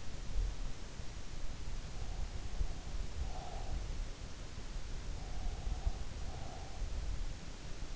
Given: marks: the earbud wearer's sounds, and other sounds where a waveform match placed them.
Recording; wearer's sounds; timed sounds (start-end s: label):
sounds in sleep by an in-ear microphone; breath
2.08-3.99 s: breath
4.99-7.09 s: breath